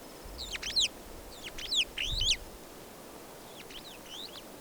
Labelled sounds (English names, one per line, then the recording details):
Superb Starling flight call
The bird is a male
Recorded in Kenya on 24 April 2009 at 15:51
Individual 104, of group SRB2